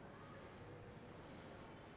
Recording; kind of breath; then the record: one breath in and out by a microphone near the nose and mouth; normal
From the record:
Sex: male